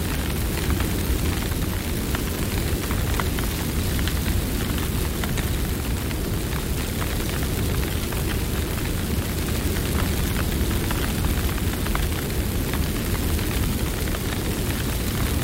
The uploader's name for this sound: Wildfire